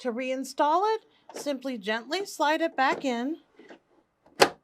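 Someone talks while the plastic accessory bin of a BabyLock Brilliant BL220B sewing machine is gently slid back onto the free arm, followed by a faint sliding sound. At 4.4 s there is a sharp click as the bin clicks back into place, seated.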